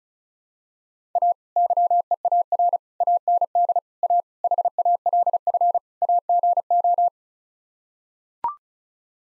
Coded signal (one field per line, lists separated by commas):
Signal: Morse code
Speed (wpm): 34 wpm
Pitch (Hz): 700 Hz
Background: none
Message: A YEAR AND A HALF AGO